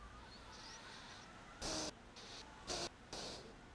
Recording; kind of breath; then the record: one breath in and out by a microphone near the nose and mouth; deep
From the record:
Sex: male